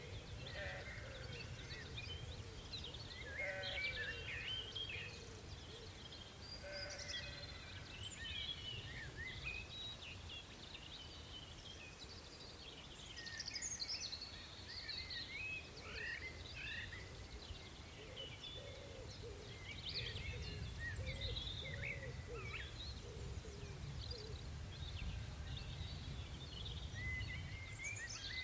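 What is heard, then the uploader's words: Robins and blackbirds sing in a dense, overlapping evening chorus of bright chirps and warbles over a steady low rumble that swells near twenty seconds. Peregrines calling from crags in the Brecon Beacons. In this episode, it's late afternoon in early April 2021 and we're at a rocky escarpment in the southern Brecon Beacons. It's a clear sunny day and a pair of peregrine falcons are prospecting for a nest site on the crags of old quarried cliff faces. Recorded by Fergus Collins.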